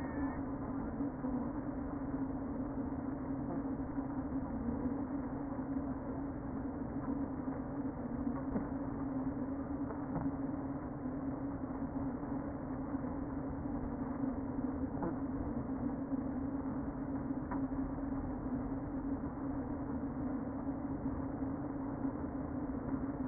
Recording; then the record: honeybee colony, microphone inside the hive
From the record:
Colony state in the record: queen present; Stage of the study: before two queens were removed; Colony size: about 60,000 bees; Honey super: yes